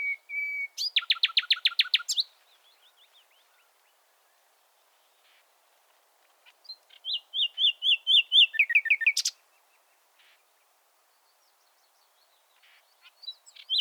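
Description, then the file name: Common nightingale song: a steady whistled note, then a fast rattling buzzy series, a pause, and a run of rapid repeated chirps ending in a sharp sweep. "Luscinia megarhynchos"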